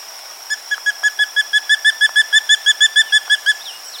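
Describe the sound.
Spot-breasted woodpecker calling in a quick, regular run of many bright, similar notes lasting about three seconds, over a faint steady high-pitched hum.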